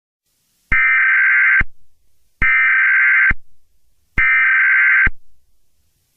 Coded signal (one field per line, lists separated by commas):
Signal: Emergency Alert System (SAME) tones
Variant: header bursts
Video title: EAS Scenario: El Pablo